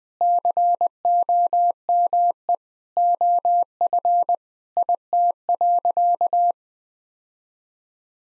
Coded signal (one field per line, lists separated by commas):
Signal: Morse code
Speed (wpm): 20 wpm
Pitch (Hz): 700 Hz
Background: none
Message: COME OF IT.